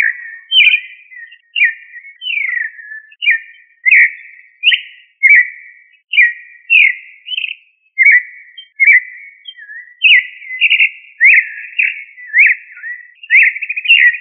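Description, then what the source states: Thrush singing a steady series of clear whistled notes, slurred upward and downward, with only brief pauses between them; no other sounds. Thrush of the family Turdidae, called sabiá.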